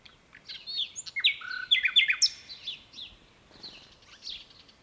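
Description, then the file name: Common nightingale song phrase of tumbling sharp notes and short whistles, rising in loudness then fading into soft scattered notes. "Luscinia megarhynchos"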